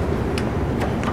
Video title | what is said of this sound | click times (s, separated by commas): 28Z PROFlexx Chair Cot Training Video - FERNO | release. It locks into place. | 0.4 s, 1.0 s